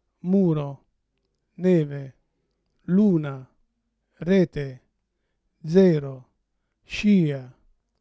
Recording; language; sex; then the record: read list of words; Italian; male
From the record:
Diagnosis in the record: Parkinson's disease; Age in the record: 71 years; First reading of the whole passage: 62 s, 8.3 characters per second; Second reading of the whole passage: 53 s, 9.9 characters per second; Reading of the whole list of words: 66 s, 4.2 characters per second